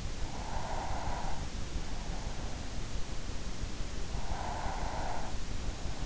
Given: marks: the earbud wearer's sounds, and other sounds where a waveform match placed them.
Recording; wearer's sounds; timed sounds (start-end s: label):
sounds in sleep by an in-ear microphone; breath
0.20-1.69 s: breath
4.14-5.57 s: breath